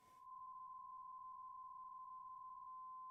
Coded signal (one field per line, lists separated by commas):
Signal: PSK63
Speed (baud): 62.5 baud